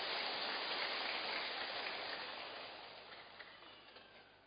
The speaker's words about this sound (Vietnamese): Chúng ta cho một tràng pháo tay để gặp gỡ người chị em này.